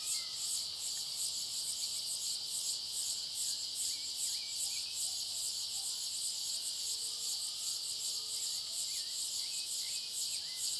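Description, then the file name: Cicada: high, thin insect drone from cicadas, constant and gently pulsing, with scattered brief bird chirps and faint whistles below. Cicadas in a clearing; high-pitched thin sound; a bird also present. "Cigarras na clareira som agudo fino passaro e cachorro longe"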